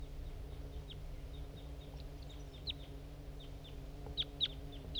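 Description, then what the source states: Crossbill flight calls: short, sharp, high chips scattered throughout, a few louder ones toward the end, over a low steady hum. Flock in flight.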